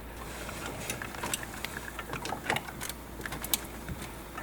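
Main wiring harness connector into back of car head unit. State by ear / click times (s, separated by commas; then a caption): seated / 3.5 s. A main multi-pin plastic wiring harness connector is pushed into the back of an aftermarket JOYING 12.3-inch car head unit for a 2010–2015 Toyota Prius, with a string of small plastic ticks and rattles as it is worked into place. The loudest sharp click at 3.5 s is the latch, and the harness is seated.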